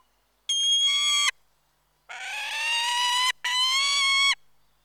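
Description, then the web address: Peregrine falcon uttering three drawn-out, hoarse, screaming wails, the later two almost running together, over near silence. "The BBC Sound Effects Library. Peregrine Falcon"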